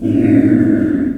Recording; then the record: squeal of a Yucatan mini pig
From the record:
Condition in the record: after surgery on the right vocal fold (resection and tissue-engineered implant); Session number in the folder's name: 3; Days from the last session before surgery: 21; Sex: female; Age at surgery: 19 weeks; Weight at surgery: 25 kg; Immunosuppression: prednisolone